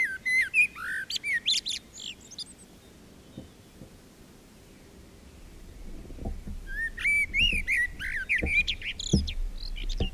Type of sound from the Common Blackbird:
song